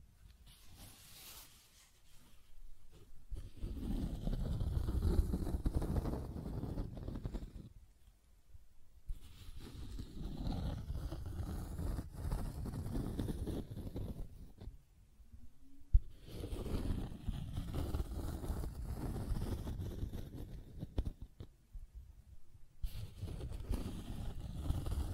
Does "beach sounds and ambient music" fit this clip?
no